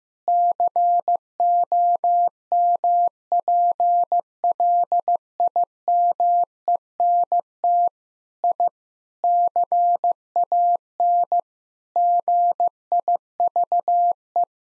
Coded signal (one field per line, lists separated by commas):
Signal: Morse code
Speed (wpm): 15 wpm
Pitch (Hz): 700 Hz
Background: none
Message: COMPLIMENT I CAN GIVE